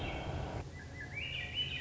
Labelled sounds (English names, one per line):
Swainson's Thrush